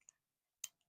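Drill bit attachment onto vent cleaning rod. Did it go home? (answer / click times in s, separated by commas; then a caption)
yes / 0.6 s. A drill bit adapter for a Rotobrush RotoVent Vac dryer vent cleaning rod is slid onto the rod with its pin depressed until the pin snaps into its hole. After a faint tick near 0.1 s, a sharp click at 0.6 s marks the adapter seating on the rod.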